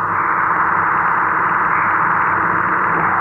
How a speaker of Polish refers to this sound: Tak zwane miejsce fali uderzeniowej szoku. Tam powstaje właśnie fala radiowa. I ta fala jest zamieniana na dźwięk.